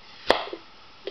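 The vacuum-sealed lid on a glass jam jar, bulging slightly inward, is opened and the vacuum releases with a short, sharp pop at 0.3 seconds. A fainter click follows at about 1.1 seconds. The seal is released and the lid pops open.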